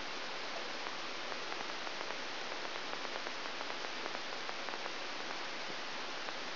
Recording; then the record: brain microelectrode recording played as sound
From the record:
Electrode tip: outside the subthalamic nucleus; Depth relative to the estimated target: -6 mm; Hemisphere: left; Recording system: AlphaMap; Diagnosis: Parkinson's disease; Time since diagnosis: 20 years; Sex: female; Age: 65 years